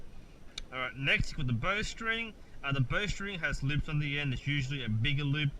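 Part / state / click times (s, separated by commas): recurve bow limb into riser limb pocket / seated / 0.6 s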